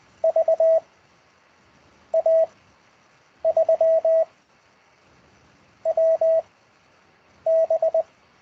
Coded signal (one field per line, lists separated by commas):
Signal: Morse code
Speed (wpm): 20 wpm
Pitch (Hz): 650 Hz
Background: none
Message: V A 3 W B